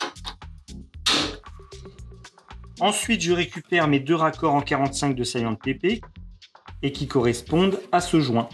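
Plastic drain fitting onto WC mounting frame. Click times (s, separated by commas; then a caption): 1.1 s. A plastic push-fit drain fitting is set onto a wall-hung WC mounting frame and pressed until it clips in place, with a single sharp, loud click at 1.1 s. Someone talks through most of the clip over faint background music, and the fitting is seated.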